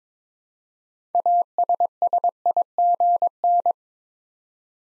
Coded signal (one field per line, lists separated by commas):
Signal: Morse code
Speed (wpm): 22 wpm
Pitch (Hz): 700 Hz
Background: none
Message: ASSIGN